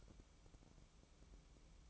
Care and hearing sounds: daily activity, microphone in the room; light off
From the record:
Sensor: 1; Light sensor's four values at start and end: 18/55/22/23 and 9/22/9/10

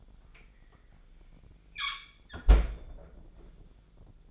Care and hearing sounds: daily activity, microphone in the room; close fridge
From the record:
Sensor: 5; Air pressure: 1009.8 hPa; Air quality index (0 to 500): 162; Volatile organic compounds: 4 ppm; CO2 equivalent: 1576 ppm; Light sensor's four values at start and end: 118/302/126/134 and 116/298/124/132

